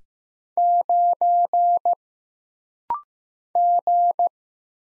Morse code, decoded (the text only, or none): 9 G